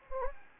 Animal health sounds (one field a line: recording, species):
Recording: mosquito wingbeat signal from an infrared sensor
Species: Anopheles gambiae